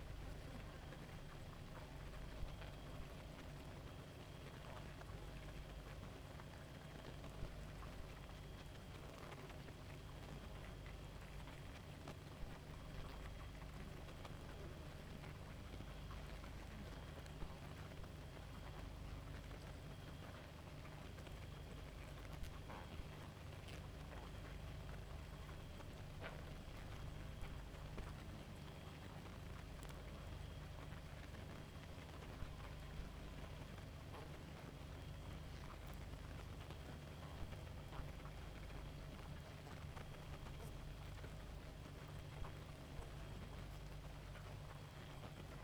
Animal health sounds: honeybee colony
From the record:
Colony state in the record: active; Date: 28 July 2017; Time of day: 0:40

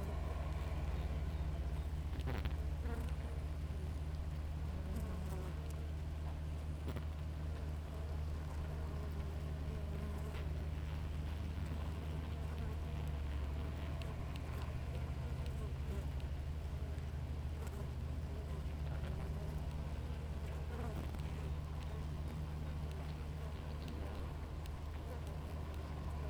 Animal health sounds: honeybee colony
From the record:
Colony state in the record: active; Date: 28 July 2017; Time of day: 6:11

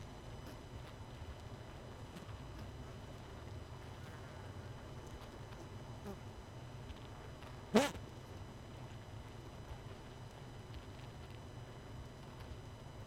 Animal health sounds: honeybee colony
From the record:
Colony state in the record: missing queen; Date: 31 May 2018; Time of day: 20:50

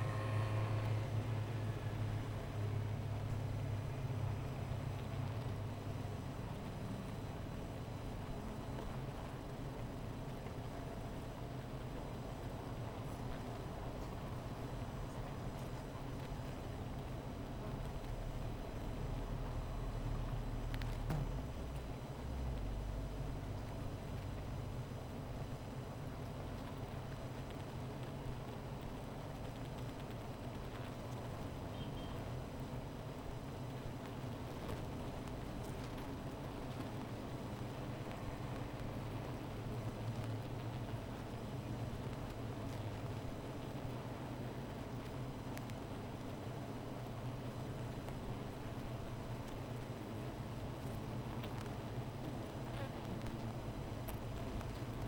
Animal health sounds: honeybee colony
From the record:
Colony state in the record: missing queen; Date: 14 July 2017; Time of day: 15:53

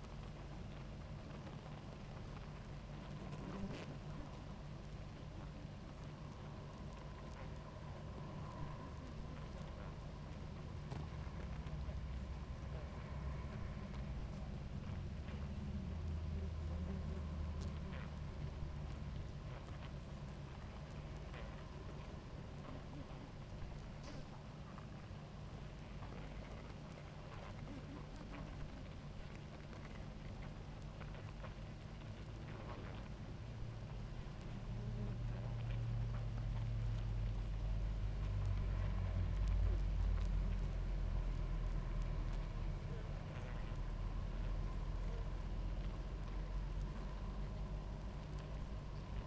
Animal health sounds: honeybee colony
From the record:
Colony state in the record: active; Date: 28 July 2017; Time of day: 18:14

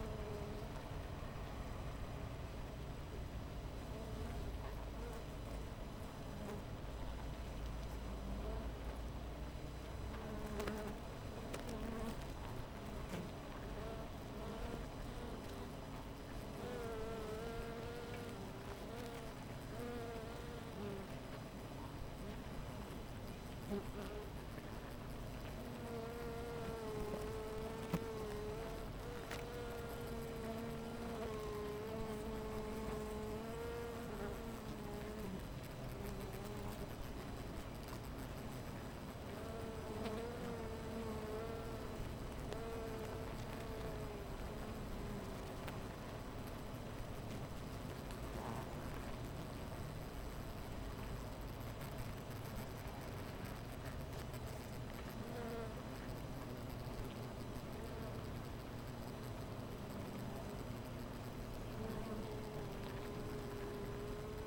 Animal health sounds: honeybee colony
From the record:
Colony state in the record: missing queen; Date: 14 July 2017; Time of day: 10:35

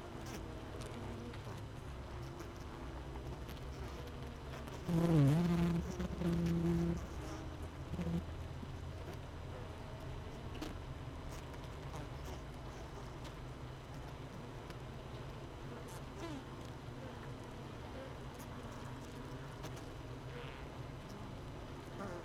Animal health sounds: honeybee colony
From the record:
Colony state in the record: missing queen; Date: 31 May 2018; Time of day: 17:18

